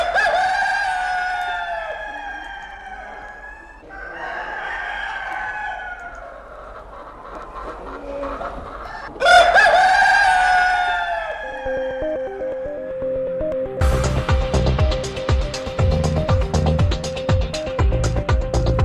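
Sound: rooster crowing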